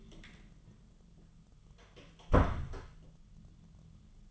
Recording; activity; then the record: daily activity, microphone in the room; close door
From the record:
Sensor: 4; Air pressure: 1005.8 hPa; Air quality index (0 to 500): 86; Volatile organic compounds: 2 ppm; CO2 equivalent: 1061 ppm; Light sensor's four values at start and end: 13/30/12/11 and 13/31/12/11